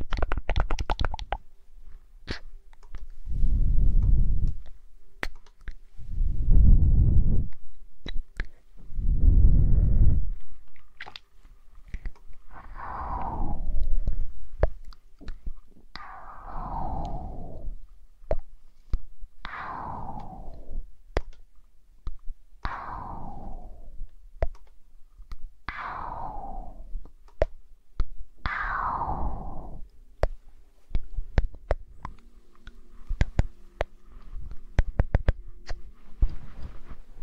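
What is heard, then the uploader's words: Breathy ear blowing comes in slow, regular puffs, about one every three seconds. The first three blows are deep, rumbling gusts, and the later ones are airier and hiss downward in pitch. Soft clicks and mouth sounds scatter between them, with a faint hum near the end. ASMR Ear blowing.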